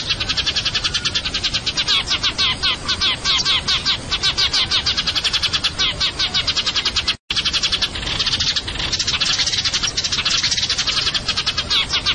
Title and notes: GEREJA TARUNG NEMBAK PANJANG SUARA JERNIH MASTERAN. Burung Gereja